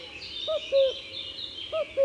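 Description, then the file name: Common cuckoo giving two clear falling cu-coo calls in quick succession over soft background noise. "Imagier Coucou Un jour dans la foret"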